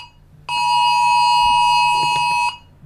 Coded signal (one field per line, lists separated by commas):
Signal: Emergency Alert System (SAME) tones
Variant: 853 and 960 Hz attention tone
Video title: EAS Scenario: Its All Safe